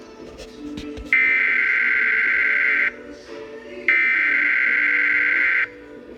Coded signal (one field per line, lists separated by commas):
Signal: Emergency Alert System (SAME) tones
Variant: header bursts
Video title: EAS #43 Severe Thunderstorm Watch